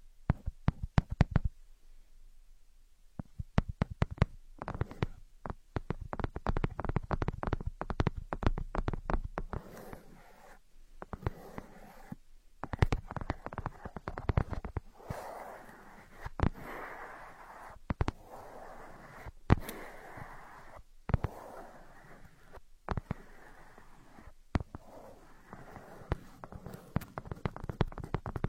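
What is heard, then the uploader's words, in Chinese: Muffled ear picking, with dense scratchy crackling and sharp clicks. Low, rumbling rubbing dominates the early seconds. Later it turns to brighter rustling bursts with occasional loud pops, separated by brief quiet gaps. 抠耳朵。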